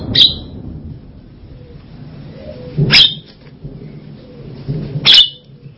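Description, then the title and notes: Javan myna song: three harsh, buzzy notes spaced a few seconds apart over a low hum. "Jalak Kebo. Kicau Burung Jalak"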